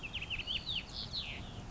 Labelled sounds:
Warbling Vireo (Vireo gilvus)

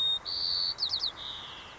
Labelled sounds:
White-crowned Sparrow (Zonotrichia leucophrys)

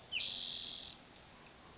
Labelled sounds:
Spotted Towhee (Pipilo maculatus)

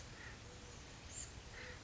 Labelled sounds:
Acorn Woodpecker (Melanerpes formicivorus)

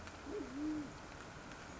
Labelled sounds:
Band-tailed Pigeon (Patagioenas fasciata)

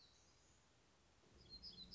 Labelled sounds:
Black-throated Gray Warbler (Setophaga nigrescens)

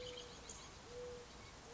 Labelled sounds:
Mourning Dove (Zenaida macroura)

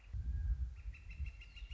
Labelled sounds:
Northern Flicker (Colaptes auratus)

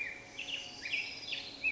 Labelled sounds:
Black-headed Grosbeak (Pheucticus melanocephalus)

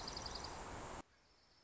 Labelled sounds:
Dark-eyed Junco (Junco hyemalis)

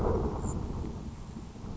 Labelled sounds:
Grasshopper Sparrow (Ammodramus savannarum)

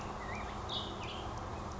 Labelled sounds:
Black-headed Grosbeak (Pheucticus melanocephalus)

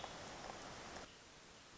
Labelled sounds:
Hermit Thrush (Catharus guttatus)

